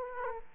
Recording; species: mosquito wingbeat signal from an infrared sensor; Aedes aegypti